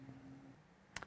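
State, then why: Seated. A plastic vacuum bag housing on a Windsor Sensor XP is placed over the power head and pushed evenly down. After a quiet stretch with a faint steady hum, it clicks into its lock at 0.97 s, and a smaller tick follows at 1.0 s. The housing is seated.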